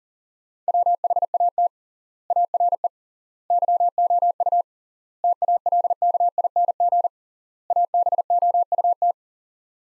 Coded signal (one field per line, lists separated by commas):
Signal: Morse code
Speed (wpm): 40 wpm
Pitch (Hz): 700 Hz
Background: none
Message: WHAT ARE YOU TALKING ABOUT